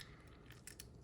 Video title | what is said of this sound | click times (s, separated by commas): Matchbox the Movie Moving Parts Case Unboxing! | Look at how well it snaps into place. | 0.7 s, 0.8 s